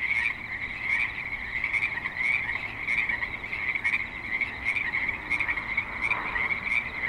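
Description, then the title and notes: Frog chorus of steady overlapping croaks, short notes repeating more than once a second. Several frogs at a creek in Spanish Springs, Nevada. "Frogs in Spanish Springs, NV - creek view. Frogs with light traffic and other suburban sounds"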